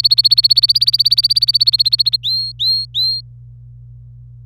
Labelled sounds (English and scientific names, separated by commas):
Domestic Canary (Serinus canaria) song